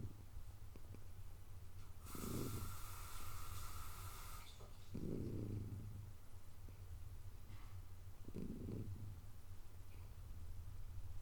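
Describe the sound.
Cat purring in low pulsing waves, three louder swells, with a burst of breathy hiss early on.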